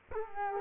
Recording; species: mosquito wingbeat signal from an infrared sensor; Culex quinquefasciatus